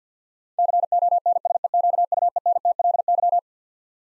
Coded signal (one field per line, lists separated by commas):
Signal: Morse code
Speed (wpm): 50 wpm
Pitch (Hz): 700 Hz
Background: none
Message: CONSEQUENTLY